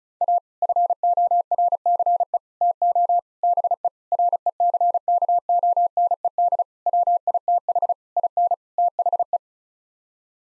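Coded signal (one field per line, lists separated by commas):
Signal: Morse code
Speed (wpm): 34 wpm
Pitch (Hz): 700 Hz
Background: none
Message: A FORCE TO BE RECKONED WITH IN THE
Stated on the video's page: Morse practice sending sets of 8-word groups at 35 wpm for head-copy, each set sent, spoken, then sent again.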